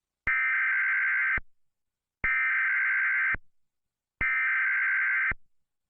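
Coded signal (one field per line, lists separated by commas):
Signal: Emergency Alert System (SAME) tones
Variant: header bursts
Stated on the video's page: EAS scenario, a fictional simulation.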